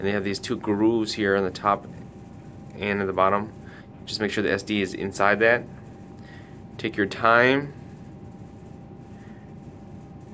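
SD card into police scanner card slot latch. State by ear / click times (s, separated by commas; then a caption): not seated / none. A replacement SD card is guided into the top and bottom grooves of the card holder of a Uniden BCD436HP police scanner before it is pushed down and its silver latch slid over to lock it. Someone talks in short bursts over a low steady hum, with quiet handling in the pauses. The card is only lined up so far, and nothing has seated or clicked yet.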